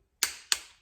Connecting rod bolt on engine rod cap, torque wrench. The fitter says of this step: I promise you, we're gonna get a click every single time.